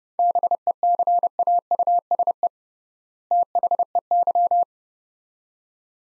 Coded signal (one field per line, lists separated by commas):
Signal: Morse code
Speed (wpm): 30 wpm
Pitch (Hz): 700 Hz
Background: none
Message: BECAUSE THEY